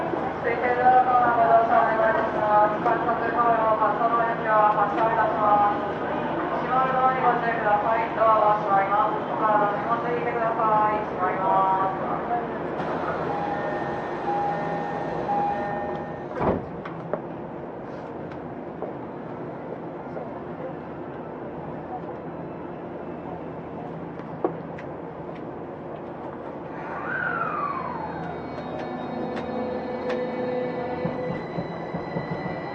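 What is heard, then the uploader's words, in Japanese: Inside a subway car, a voice announcement fills roughly the first dozen seconds over a steady low rumble. A sharp knock lands near the sixteenth second, then the car hums on, and a falling motor whine sweeps down around 27 seconds. 東京メトロ05系（ワイドドア車） 中野〜西船橋。快速運用を録音しました。今回はICレコーダー（Panasonic PR–XS460）を使いました。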